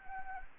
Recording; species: mosquito wingbeat signal from an infrared sensor; Anopheles gambiae